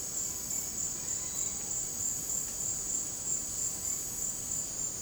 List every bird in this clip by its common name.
none